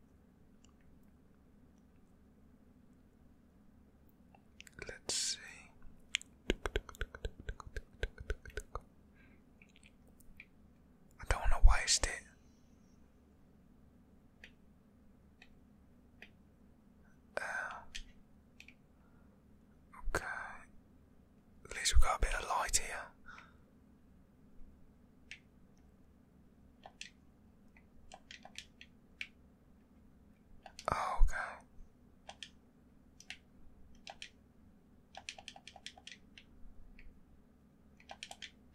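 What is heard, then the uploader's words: Controller clicking comes in short, quick clusters of sharp, bright taps, with bursts near 5, 12, 18, 22 and 31 seconds and scattered single clicks between them. The sound is dry, over a steady low hum that runs throughout. ASMR Playing Stranded Deep Survival Game! (CONTROLLER CLICKING).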